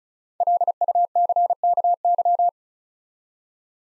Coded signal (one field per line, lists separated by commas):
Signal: Morse code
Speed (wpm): 36 wpm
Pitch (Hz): 700 Hz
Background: none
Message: LUCKY